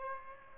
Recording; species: mosquito wingbeat signal from an infrared sensor; Aedes aegypti